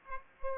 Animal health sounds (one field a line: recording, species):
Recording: mosquito wingbeat signal from an infrared sensor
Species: Aedes aegypti